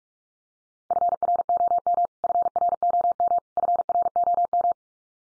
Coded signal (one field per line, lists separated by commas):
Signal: Morse code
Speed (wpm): 44 wpm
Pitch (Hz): 700 Hz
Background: none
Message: FROM FROM FROM